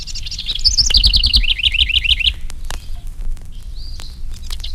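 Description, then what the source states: House Wren singing one fast bubbling phrase of jumbled high notes that falls into a rapid trill, then fades to quiet background with faint chirps. Two house wrens singing; songs described as bubbling.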